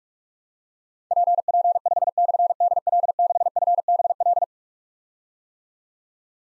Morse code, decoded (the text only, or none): PP5/DL6FBL